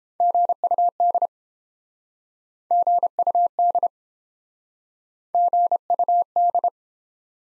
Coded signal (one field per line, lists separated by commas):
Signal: Morse code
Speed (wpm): 30 wpm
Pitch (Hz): 700 Hz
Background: none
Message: GUD GUD GUD